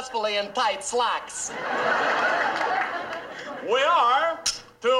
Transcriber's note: soundbite of laughter